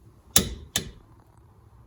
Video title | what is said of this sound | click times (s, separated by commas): 시즌4 제31화 가난한 미국 유학생의 자동차 자가 수리법 (feat. 스바루 임프레자 브레이크 패드 교체) | 방금 들으셨나요 딸깍 하는 소리 이게 바로 이 | 0.4 s